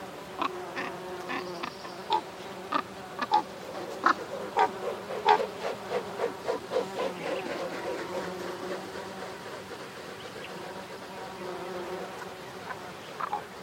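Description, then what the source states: Bee buzzing as a low drone, with many sharp clicks or taps through the first half, then a smoother hum. Bees busy in fresh-growth Wood Sage on Sugarloaf Hill, Malvern Hills, UK; 25 July 2023 at 05:50; clear sunrise, low wind; binaural recording.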